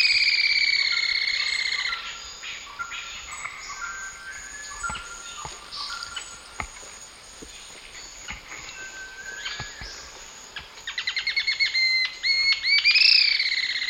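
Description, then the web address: White-chinned Jacamar song: high whistled notes with harmonics, sliding and repeated, building into a fast rising series near the end over a steady high insect drone. Eastern lowlands of South America. "Natures Songs S America Eastern Lowlands. White-chinned Jacamar"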